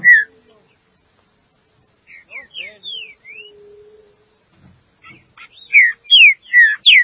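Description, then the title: Green-winged saltator song: a loud whistle, a pause, a run of softer slurred whistles, then a rapid series of loud slurred whistles, with faint thumps. "Trinca Ferro"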